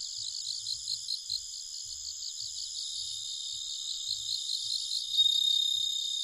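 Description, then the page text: Bell cricket song, a steady high ringing trill with pulsed beats, running throughout over a bed of other continuous high insect chirring, with soft low thumps underneath. Recorded at night in Nikko, Japan, on 1 October 2011 at 21:48. "Homoeogryllus japonicus [Sounds -Nikko Today-]"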